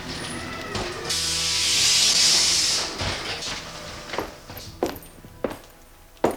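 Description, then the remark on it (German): A roller coaster car rolls back through a dark gate into the starting station: a long, loud hiss of air brakes swells and fades, followed by several sharp mechanical clunks and knocks, with no voices. “Soeben kam einer der Wagen durch ein dunkles Tor zurück an den Startpunkt gerollt.”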